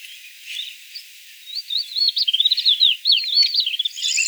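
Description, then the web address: Crested lark giving quiet, scattered notes at first, then a quick run of twisting whistled notes for about two seconds, with more notes at the end, over light background hiss. "songs galerida cristata call"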